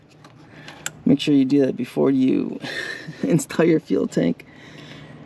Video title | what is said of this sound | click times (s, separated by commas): Harley Davidson M8 Screamin Eagle 64mm Intake Install - Plus High Flow Injectors Step by Step Video | all right so we heard it click | 0.9 s